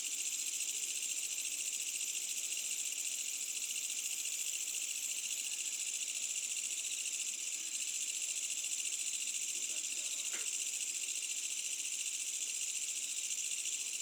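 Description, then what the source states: Insects chorusing without a break, an even, hissing high-pitched buzz from many callers, with one brief faint knock. Medium-density insect ambience on a summer night, with a village in the distance.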